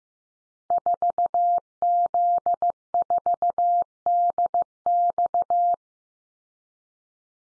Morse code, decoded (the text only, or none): 4Z4DX